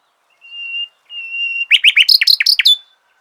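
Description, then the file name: Common nightingale song opening with two long, even whistled notes, then a fast burst of sharp, rhythmic chirps and trilled notes. "Luscinia megarhynchos"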